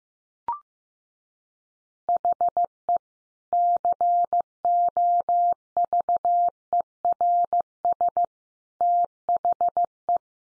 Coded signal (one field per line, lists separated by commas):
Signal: Morse code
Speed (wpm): 15 wpm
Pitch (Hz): 700 Hz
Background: none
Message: HE COVERS THE